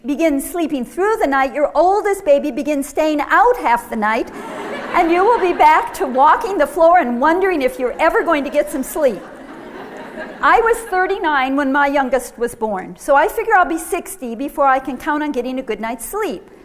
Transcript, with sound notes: begins sleeping through the night, your oldest baby begins staying out half the night, and you will be back to walking the floor and wondering if you're ever going to get some sleep! [laughter] I was thirty-nine when my youngest was born, so I figure I'll be sixty before I can count on getting a good night's sleep!"